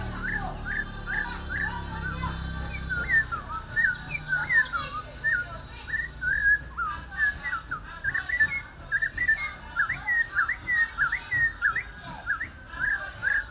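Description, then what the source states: African Thrush delivering varied whistled phrases, with low rumbling background sound early on, then more regular bursts of slurred notes. Nkolmbong-Nord neighbourhood, Émana, Yaoundé, Cameroon; 2 December 2023, 5:03 p.m.; recorded on iPhone 7, amplified afterwards.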